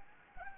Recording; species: mosquito wingbeat signal from an infrared sensor; Anopheles gambiae